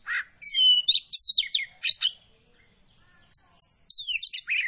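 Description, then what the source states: Oriental Magpie-robin song of bright whistled and chattering phrases, a short quiet break, then high sweeping whistles resuming. Kacer poci variety, singing vigorously (gacor).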